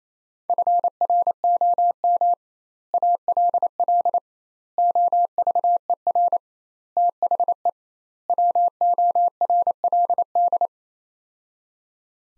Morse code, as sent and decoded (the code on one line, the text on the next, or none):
..-. .-. --- -- / .- .-.. .-.. / --- ...- . .-. / - .... . / .-- --- .-. .-.. -..
FROM ALL OVER THE WORLD